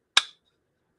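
The plastic lid of a 3D-printed card deck box is snapped shut by hand. A single sharp, bright click lands at 0.2 s and fades within about a tenth of a second, followed by a very faint tick near 0.5 s. The lid seats closed.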